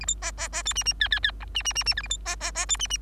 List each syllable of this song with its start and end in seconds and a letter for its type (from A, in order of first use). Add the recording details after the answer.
0.00-0.06 A, 0.07-0.15 B, 0.22-0.32 C, 0.37-0.48 C, 0.52-0.63 C, 0.65-0.74 D, 0.75-0.84 E, 0.85-0.93 E, 1.00-1.08 F, 1.11-1.20 F, 1.23-1.31 F, 1.40-1.45 G, 1.54-1.63 E, 1.65-1.73 E, 1.75-1.83 E, 1.86-1.94 E, 1.97-2.02 H, 2.03-2.08 A, 2.10-2.18 B, 2.25-2.36 C, 2.40-2.52 C, 2.54-2.66 C, 2.68-2.77 D, 2.79-2.87 E, 2.90-2.97 E. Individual Bird3